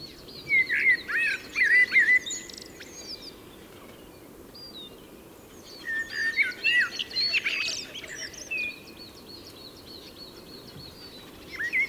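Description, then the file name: Common blackbird uttering clear warbling whistled notes in two main bursts separated by a pause, with another starting at the very end, over a soft background hiss. "Turdus merula"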